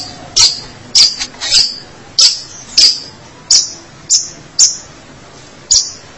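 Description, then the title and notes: Long-tailed shrike giving single high, sharp chirps at uneven intervals, with quiet gaps between. Dated 201703 (March 2017). "Pentet 201703. Suara burung pentet"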